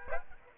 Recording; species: mosquito wingbeat signal from an infrared sensor; Aedes aegypti